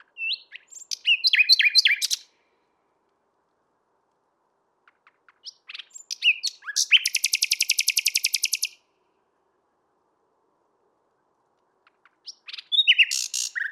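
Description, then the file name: Common nightingale singing three phrases separated by pauses, mixing varied chirps with a long, rapid, rattling trill in the middle phrase. "Luscinia megarhynchos"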